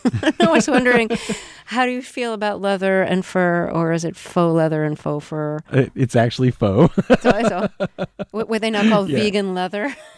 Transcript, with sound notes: I was wondering how you feel about leather and fur or is it faux leather and faux fur.
It's actually faux.
(LAUGHTER)
What they now call vegan leather?